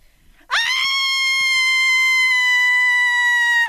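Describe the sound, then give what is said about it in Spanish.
A person lets out a single sustained, high-pitched vocal cry imitating a howl, held steady and loud for about three seconds like a scream, then cut off abruptly. “Sí, más que un aullido, era más un grito, pero un muy, grito, muy bien.”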